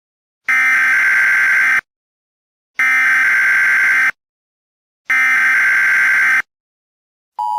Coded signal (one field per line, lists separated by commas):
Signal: Emergency Alert System (SAME) tones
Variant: header bursts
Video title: Eas Scenario (Alternatives)￼￼